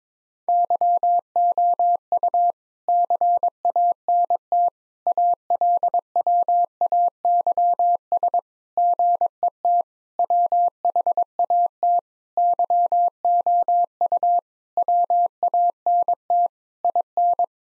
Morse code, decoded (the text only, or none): YOU CANT ALWAYS GET WHAT YOU WANT IN